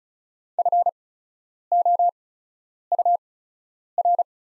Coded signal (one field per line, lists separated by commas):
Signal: Morse code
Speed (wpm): 34 wpm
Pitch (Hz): 700 Hz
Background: none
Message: FOUR